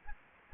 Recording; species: mosquito wingbeat signal from an infrared sensor; Aedes aegypti